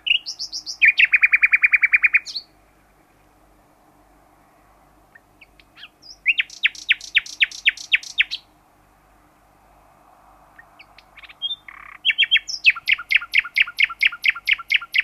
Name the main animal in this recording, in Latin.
Luscinia megarhynchos